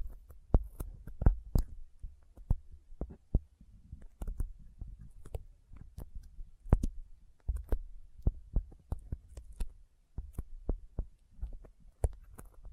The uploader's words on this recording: ASMR Intense Sticky Finger Sounds (No Talking).